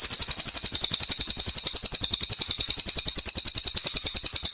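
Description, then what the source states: Spiderhunter song: a fast, steady series of high, sharp chipping notes, continuing throughout without pause. Long, clear, vigorous song; used as a tutor for training birds.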